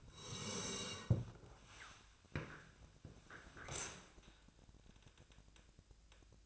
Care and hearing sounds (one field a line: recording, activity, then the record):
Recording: daily activity, microphone in the room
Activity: sit down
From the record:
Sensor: 2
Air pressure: 1000.3 hPa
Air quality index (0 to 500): 160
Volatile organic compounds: 3 ppm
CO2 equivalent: 1333 ppm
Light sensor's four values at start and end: 10/21/9/10 and 9/20/9/9